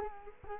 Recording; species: mosquito wingbeat signal from an infrared sensor; Culex quinquefasciatus